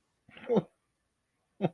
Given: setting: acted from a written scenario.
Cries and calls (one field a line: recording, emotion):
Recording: vocal sound without words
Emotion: realization